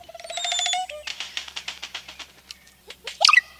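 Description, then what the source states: Oropendola song: a brief rattling note, a rapid run of dry clicks, then a loud liquid gurgling flourish at the end. Alarming refrain sung in the seasonally flooded forests of the Amazon basin.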